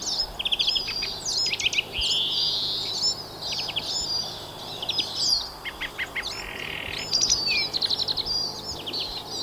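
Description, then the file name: European greenfinch song: rapid trills and chirping twitters in bursts, with a long rising buzzy wheeze early on. "Chloris chloris"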